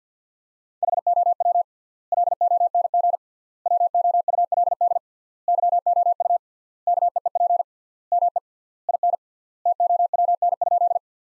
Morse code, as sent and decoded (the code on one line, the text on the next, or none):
.... --- .-- / .-.. --- -. --. / .-- --- ..- .-.. -.. / -.-- --- ..- / -.- . . .--. / -- . / .. -. / - --- .-- -. ..--..
HOW LONG WOULD YOU KEEP ME IN TOWN?